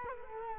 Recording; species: mosquito wingbeat signal from an infrared sensor; Culex quinquefasciatus